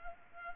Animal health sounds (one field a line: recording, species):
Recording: mosquito wingbeat signal from an infrared sensor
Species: Culex pipiens